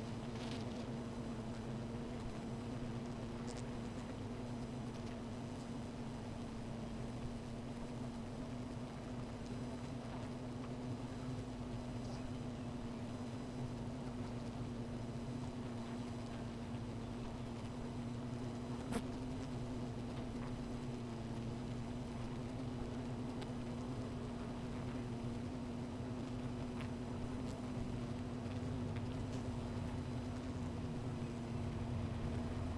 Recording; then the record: honeybee colony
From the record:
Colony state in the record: missing queen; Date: 14 July 2017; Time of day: 16:14